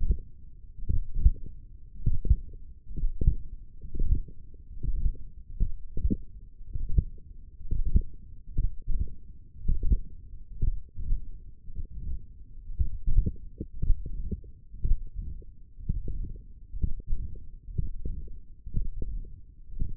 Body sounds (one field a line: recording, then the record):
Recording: forearm muscle sounds (acoustic myography)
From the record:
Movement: hook grip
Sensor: system 1, eight BSWA MPA416 microphones around the upper forearm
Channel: 2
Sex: male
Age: 42 years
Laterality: right